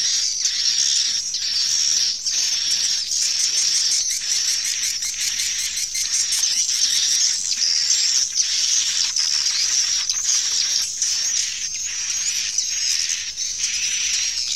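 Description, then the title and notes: Swiftlets chirping in a dense high chorus with regular pulsing bursts, plus a run of rapid clicking notes midway through. Swiftlet calls used in swiftlet bird farming in Asia. "Swiflet Bird Sound. Farming Swiflet Bird asia sound"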